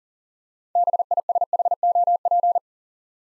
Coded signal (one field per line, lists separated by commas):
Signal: Morse code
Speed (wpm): 42 wpm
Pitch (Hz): 700 Hz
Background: none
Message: BISHOP